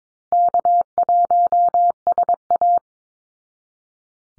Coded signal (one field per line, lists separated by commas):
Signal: Morse code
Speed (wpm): 22 wpm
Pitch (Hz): 700 Hz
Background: none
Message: K1SA